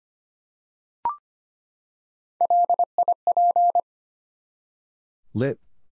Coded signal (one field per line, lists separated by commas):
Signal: Morse code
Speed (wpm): 25 wpm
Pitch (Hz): 700 Hz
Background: none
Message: LIP